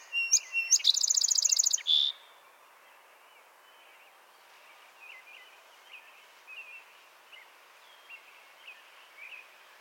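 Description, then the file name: Song sparrow singing once: a few sharp notes, a fast bright trill and a buzzy end, then soft scattered chirps in the background. "Melospiza melodia - Song Sparrow"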